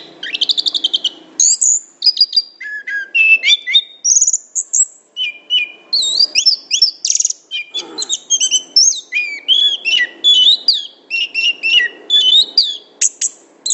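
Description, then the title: Orange-headed thrush song: lively sequence of short high whistles and chirps, many rising or falling quickly, with a short buzzy trill near the start. Described with the Indonesian term 'gacor', used for a bird in full, continuous song. "Anis Kembang Gacor"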